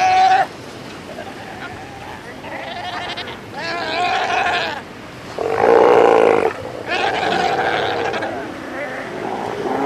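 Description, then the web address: South American sea lions roaring in long hoarse bursts separated by short quiet spells, with wavering bleats mixed in. "earth naturelibrary assets s so south american sea lion"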